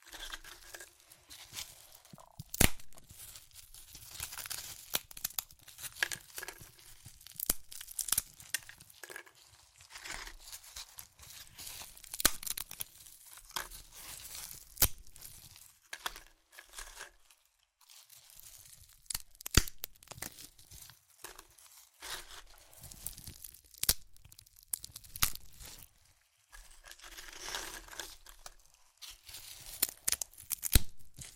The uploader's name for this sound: Satisfying Chips Crunchy Crushing & Eating Sounds